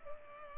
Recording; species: mosquito wingbeat signal from an infrared sensor; Culex pipiens